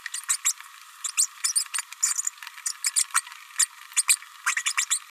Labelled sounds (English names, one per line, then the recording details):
Green-rumped Parrotlet babbling
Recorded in a nest box in Venezuela
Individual 18B104A3